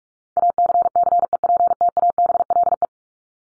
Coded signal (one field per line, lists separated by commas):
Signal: Morse code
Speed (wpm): 44 wpm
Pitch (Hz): 700 Hz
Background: none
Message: ACCEPTABLE